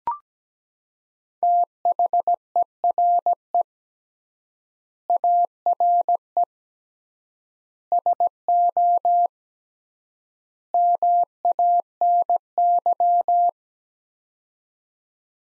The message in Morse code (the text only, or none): THERE ARE SO MANY